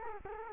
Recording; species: mosquito wingbeat signal from an infrared sensor; Culex quinquefasciatus